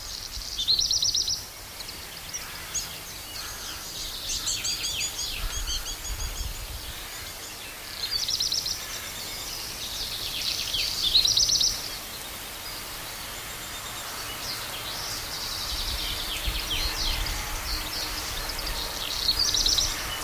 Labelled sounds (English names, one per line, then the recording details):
Black Redstart song
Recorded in the wild
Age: adult
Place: Reinhardshagen (Weser), Hessen, DE
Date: 1990-06-16 13:49
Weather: overcast, 15° C
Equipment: Sony WM-D6C, Kopie Tesla B 116
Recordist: Tembrock, Günter